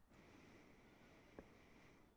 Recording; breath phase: one breath near a microphone; inhalation